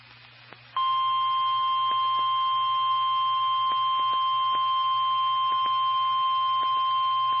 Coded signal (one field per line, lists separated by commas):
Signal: Emergency Alert System (SAME) tones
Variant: 1050 Hz attention tone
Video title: Severe Thunderstorm Warning (EAS #514)